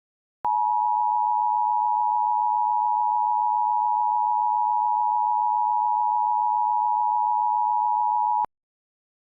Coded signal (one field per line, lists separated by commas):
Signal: Emergency Alert System (SAME) tones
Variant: 853 and 960 Hz attention tone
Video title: EAS Mock - Tornado Warning For Nordsachsen and Leipzig